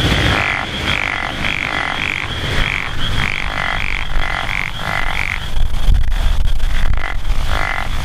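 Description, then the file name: Japanese wrinkled frog giving grating pulsed croaks in a regular series, pausing after about five seconds before one more, with a constant shrill insect hum above. "tsuchigaeru"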